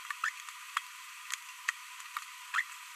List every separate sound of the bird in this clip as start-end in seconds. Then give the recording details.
0.24-0.29, 2.54-2.61. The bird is a female. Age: 22 days. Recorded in a nest box in Venezuela. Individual 17B42B1